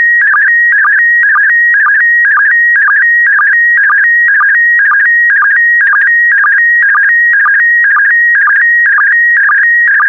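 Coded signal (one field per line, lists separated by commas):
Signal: SSTV (slow-scan television)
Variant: PD120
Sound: warbling electronic tone with a rapid regular chirping rhythm, about two pulses a second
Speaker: complete. You can now check your decoded image against the picture that is shown on the video.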